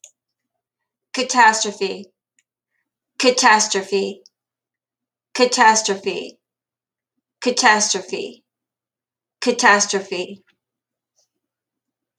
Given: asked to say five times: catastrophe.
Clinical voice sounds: repeated word; female; 50 to 59 years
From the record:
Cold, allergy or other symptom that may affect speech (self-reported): no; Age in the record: 54 years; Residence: Arizona, United States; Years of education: 19

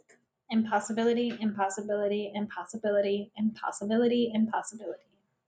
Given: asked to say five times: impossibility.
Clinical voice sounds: repeated word; female; 30 to 39 years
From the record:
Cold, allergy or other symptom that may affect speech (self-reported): no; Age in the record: 33 years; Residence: United States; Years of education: 19

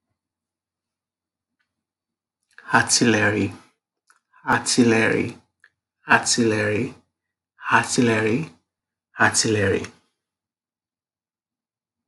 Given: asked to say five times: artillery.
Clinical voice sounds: repeated word; male; 30 to 39 years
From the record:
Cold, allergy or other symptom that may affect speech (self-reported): no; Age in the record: 35 years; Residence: Virginia, United States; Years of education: 18

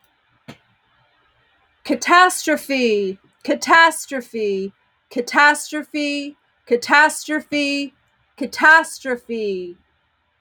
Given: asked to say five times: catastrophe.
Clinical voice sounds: repeated word; female; 50 to 59 years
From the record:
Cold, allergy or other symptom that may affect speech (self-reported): no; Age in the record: 58 years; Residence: Pennsylvania, United States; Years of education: 26

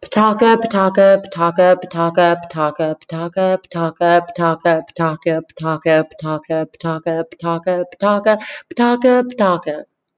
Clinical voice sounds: repeated syllables /pa ta ka/; female; 40 to 49 years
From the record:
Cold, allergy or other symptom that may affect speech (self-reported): no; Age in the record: 44 years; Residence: Colorado, United States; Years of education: 13

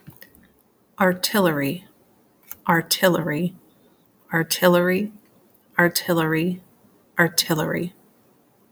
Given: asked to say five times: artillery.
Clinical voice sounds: repeated word; female; 30 to 39 years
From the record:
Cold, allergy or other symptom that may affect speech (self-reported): no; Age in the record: 34 years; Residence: Pennsylvania, United States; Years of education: 18

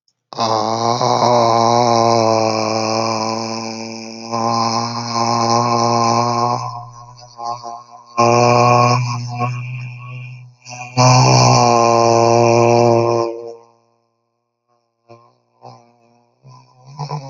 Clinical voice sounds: vowel held as long as possible; male; 30 to 39 years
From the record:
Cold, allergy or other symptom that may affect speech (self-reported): no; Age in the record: 32 years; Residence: Missouri, United States

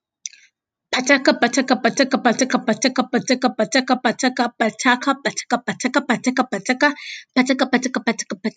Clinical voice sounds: repeated syllables /pa ta ka/; female; 18 to 19 years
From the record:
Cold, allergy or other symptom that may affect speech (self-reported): no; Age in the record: 19 years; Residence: Florida, United States

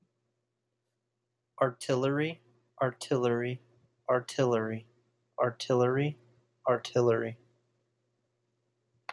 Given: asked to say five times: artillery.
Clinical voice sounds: repeated word; male; 20 to 29 years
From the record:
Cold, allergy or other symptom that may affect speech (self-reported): no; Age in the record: 23 years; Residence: United States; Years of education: 19

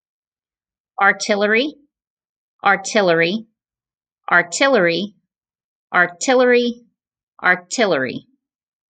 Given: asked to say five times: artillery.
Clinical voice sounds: repeated word; female; 40 to 49 years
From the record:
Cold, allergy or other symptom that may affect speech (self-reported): no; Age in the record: 44 years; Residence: Georgia, United States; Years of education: 16

